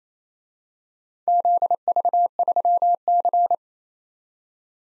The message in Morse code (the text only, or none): ZV3C